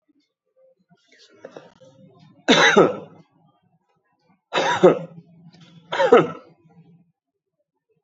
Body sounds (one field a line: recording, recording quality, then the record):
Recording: heavy voluntary cough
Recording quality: excellent, no background noise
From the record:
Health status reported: recovered from COVID-19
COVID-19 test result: positive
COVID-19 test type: RT-PCR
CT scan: not taken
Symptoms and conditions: hypertension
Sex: male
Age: 54 years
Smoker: yes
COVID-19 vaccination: both doses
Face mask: worn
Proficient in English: yes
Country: India